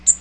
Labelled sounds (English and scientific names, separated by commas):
Magnolia Warbler (Setophaga magnolia) flight call